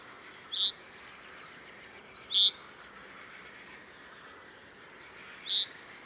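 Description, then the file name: Common chaffinch calls: three short, sharp, high notes spaced unevenly apart, set against a soft steady background hiss. "Fringilla coelebs"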